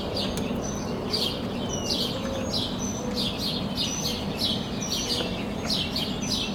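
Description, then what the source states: Birds chirping in a busy chorus of quick high tweets and thin whistled notes, over a steady low rumbling background hum. Birds at sunrise from a balcony in Denton, Texas.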